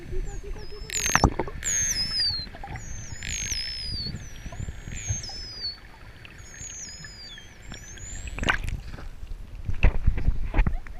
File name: False Killer Whale